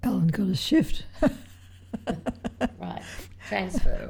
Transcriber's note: laughs